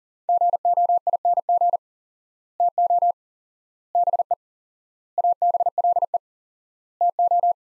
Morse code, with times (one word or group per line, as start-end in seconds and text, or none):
0.3-1.8 GOING
2.6-3.1 TO
4.0-4.3 BE
5.2-6.2 ABLE
7.0-7.5 TO